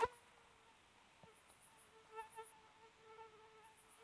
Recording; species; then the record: mosquito flight sound by mobile phone; Aedes sierrensis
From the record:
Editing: cut to the mosquito's sound